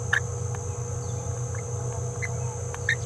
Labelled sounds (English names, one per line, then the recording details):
Green-rumped Parrotlet babbling
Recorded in a nest box in Venezuela
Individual 18B17A4